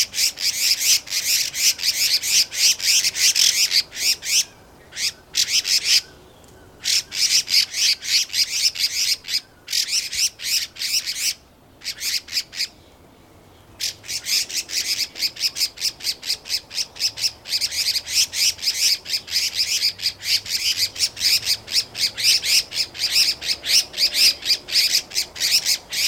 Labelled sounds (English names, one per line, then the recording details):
Red-faced Liocichla call
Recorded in captivity
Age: adult
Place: Zoo Berlin, Berlin, DE
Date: 1991-10-10
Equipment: Nagra SN, Kopie Tesla B 116
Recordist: Tembrock, Günter